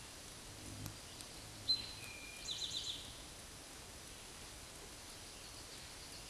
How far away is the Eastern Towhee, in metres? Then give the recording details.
about 40 m. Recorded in a Pennsylvania forest on 17 May 2023 at 13:14. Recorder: AudioMoth, point grid1_7_low. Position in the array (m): 119 m, 84 m